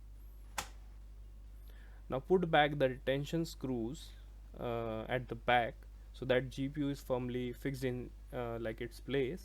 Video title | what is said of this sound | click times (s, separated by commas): Is the RTX 2060 Still Worth It? Gaming PC Build 2026 | till you hear a click sound | 0.6 s